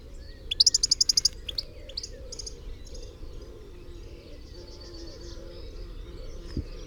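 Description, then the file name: European goldfinch uttering one quick burst of high, tinkling twittered notes early on, followed by quieter faint chirps over a steady low hum. "Carduelis carduelis"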